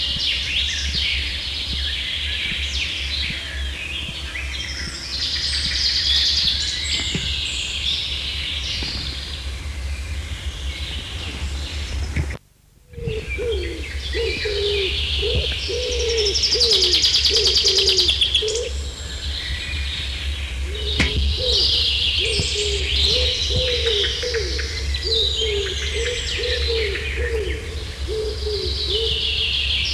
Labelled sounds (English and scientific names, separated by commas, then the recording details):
Common Chaffinch (Fringilla coelebs) song
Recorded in the wild
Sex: male
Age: adult
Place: Lauterbach/Goor, Insel Rügen, Mecklenburg-Vorpommern, DE
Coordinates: 54.3428, 13.5133
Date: 1979-06-23 10:23
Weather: overcast, 18°C
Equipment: ITT Schaub-Lorenz Studio Recorder 72, Verstärker, MD 421 HL, Reflektor, Kopie Uher 4200 Report
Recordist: Tembrock, Günter